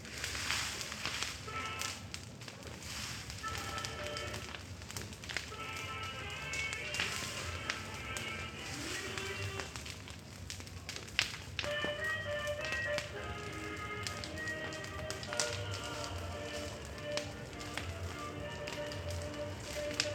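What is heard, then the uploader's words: A field fire burns, a dense, steady crackle with sharp pops scattered throughout and a low rumble underneath. From a house above, a radio drifts in and out: snatches of music and voices come and go, clearest in the middle and later stretches. Burning Corn In Cuxtitali. This is one of my favorite sounds from San Cristóbal, while a person burns a wasteland to prepare the corn planting, another person in a house above changes the radio intermittently passing through genres from the reggae to ranchera.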